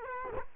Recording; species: mosquito wingbeat signal from an infrared sensor; Culex quinquefasciatus